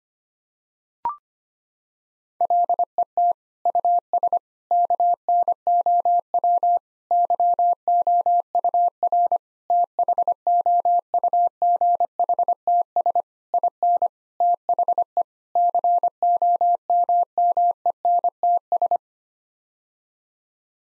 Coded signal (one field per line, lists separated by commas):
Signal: Morse code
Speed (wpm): 25 wpm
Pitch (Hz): 700 Hz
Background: none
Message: LET US KNOW YOUR THOUGHTS IN THE COMMENTS